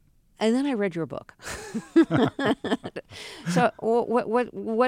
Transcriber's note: laughter